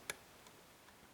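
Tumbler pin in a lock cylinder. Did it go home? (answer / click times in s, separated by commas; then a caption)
yes / 0.1 s. While single-pin picking a Pfaffenhain 11-pin tumbler lock, the third tumbler pin in the lock cylinder is lifted and sets at the shear line with a sharp, audible click at 0.1 s. A fainter tick follows at about 1.2 s, over a quiet background. The pin is confirmed seated.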